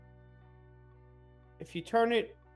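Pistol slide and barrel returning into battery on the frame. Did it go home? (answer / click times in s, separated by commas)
no / none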